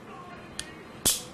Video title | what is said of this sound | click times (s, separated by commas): etrailer - Review of the ThinLine LED Clearance or Side Marker Light | it just snaps into place and now we have our one wire to connect | 1.1 s